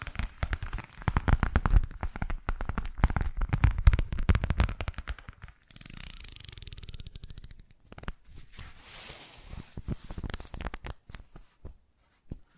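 Fast, shifting ASMR triggers: dense rapid tapping and clicking fills the first five seconds, then a bright hiss-like rustle near six seconds and again around nine. Sparser sharp taps follow, with short quiet gaps between bursts as the sounds keep changing.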